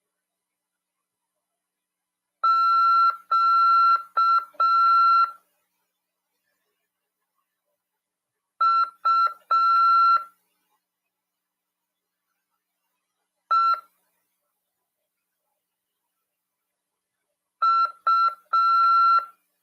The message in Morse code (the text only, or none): Q U E U